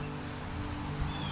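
A cheap, seven-dollar, seven-inch folding saw with a plastic handle has its blade folded shut and lined up toward its handle lock. Only steady handling noise and low hum are heard, with a slight swell near 1.0 s. Nothing has seated or clicked yet; the lock has not caught in the closed position.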